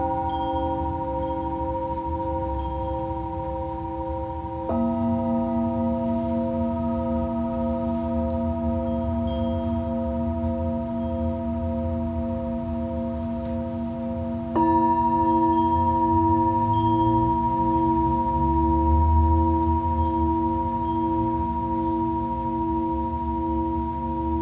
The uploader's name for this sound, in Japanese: シンギングボウルのサウンドヒーリング